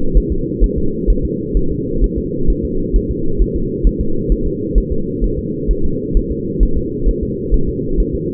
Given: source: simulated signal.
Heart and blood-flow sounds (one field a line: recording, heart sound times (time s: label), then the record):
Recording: fetal heart sounds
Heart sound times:
0.17 s: S1
0.32 s: S2
0.64 s: S1
0.78 s: S2
1.10 s: S1
1.25 s: S2
1.57 s: S1
1.72 s: S2
2.04 s: S1
2.18 s: S2
2.50 s: S1
2.65 s: S2
2.96 s: S1
3.11 s: S2
3.42 s: S1
3.56 s: S2
3.87 s: S1
4.01 s: S2
4.32 s: S1
4.47 s: S2
4.78 s: S1
4.92 s: S2
5.24 s: S1
5.39 s: S2
5.71 s: S1
5.85 s: S2
6.17 s: S1
6.32 s: S2
6.63 s: S1
6.78 s: S2
7.09 s: S1
7.23 s: S2
7.54 s: S1
7.69 s: S2
8.00 s: S1
8.15 s: S2
From the record:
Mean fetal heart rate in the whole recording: 130 bpm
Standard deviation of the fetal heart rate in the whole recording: 2 bpm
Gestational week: 36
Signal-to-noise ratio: -8.1 dB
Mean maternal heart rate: 72 bpm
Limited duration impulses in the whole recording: absent